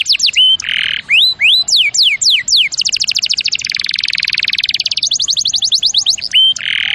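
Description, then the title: Canary song: whistled sweeps, buzzy low trills and rapid chopped rolls in bright high-pitched runs, loud throughout. Champion canary song used as a master recording for training other birds. "Masteran Kenari Juara"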